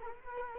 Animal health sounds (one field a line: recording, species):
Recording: mosquito wingbeat signal from an infrared sensor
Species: Culex quinquefasciatus